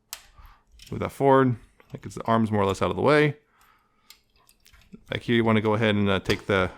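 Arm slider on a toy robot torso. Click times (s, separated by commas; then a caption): 0.1 s. A plastic arm slider on the other side of a toy robot torso, from the Mastermind Creations R-48 Optus Pexus figure, is pushed forward and seats with one loud click at 0.1 s. Someone then talks, with a few faint clicks and handling sounds between about 4.1 and 5.0 s.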